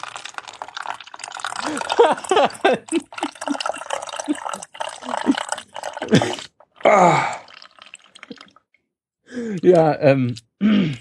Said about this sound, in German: Ich warte, weil so ein plätscherndes Geräusch, ich weiß gar nicht, wo man das alles assoziieren kann.